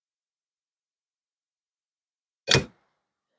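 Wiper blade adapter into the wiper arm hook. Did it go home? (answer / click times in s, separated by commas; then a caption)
yes / 2.5 s. A new wiper blade's plastic adapter is pushed onto the hook of the metal wiper arm. After near silence, a single sharp, broadband click sounds at 2.5 s, followed by a brief fading ring. The blade is seated and locked onto the arm and will not come off.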